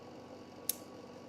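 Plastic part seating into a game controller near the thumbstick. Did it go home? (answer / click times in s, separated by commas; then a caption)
yes / 0.7 s. A plastic part near the thumbstick of a game controller, which had not been pushed in all the way, is pressed further until it seats. A single short, bright click is heard at 0.7 s against quiet background noise. The part clicks fully into place.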